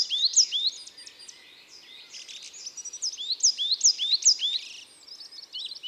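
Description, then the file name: Coal tit singing bright, high-pitched two-note phrases, repeated quickly in a see-sawing rhythm over a faint hiss. "Mesange noire ABC des chants doiseaux"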